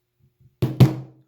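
A TASER BOLT 2 handheld unit, switched off, is lined up over a cartridge lying face down on a hard surface and pressed down onto it. A sharp click at 0.6 s is followed by a second, louder knock at about 0.8 s that rings briefly before fading. The cartridge is fully seated in the front of the unit.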